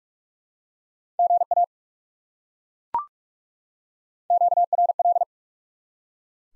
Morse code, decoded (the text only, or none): GA QRL